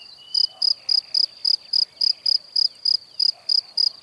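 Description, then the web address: Cricket chirping, high and pulsed, in rapid, evenly spaced chirps. "Kurs PTTK Przyroda Ptaki Świerszcze"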